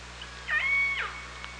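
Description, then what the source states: Orca call underwater, one clear, sustained whistle-like tone held steady for about half a second before dropping at the end, over faint hiss and low hum. Hydrophone at OrcaLab, 24 August 2017, 18:46.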